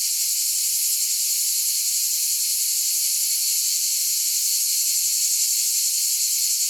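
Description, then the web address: Cicada call heard as an unbroken shrill buzz, high and even in loudness from start to finish, with faint rapid pulsing. "cicale"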